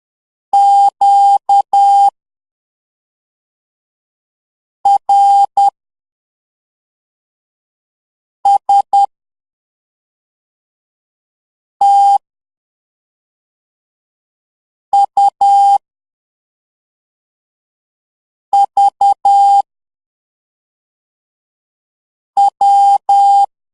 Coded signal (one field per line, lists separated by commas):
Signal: Morse code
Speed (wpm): 10 wpm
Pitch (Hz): 800 Hz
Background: none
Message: Q R S T U V W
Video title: #LEARN MORSE CODE #THALA AJITH #VIVEGAM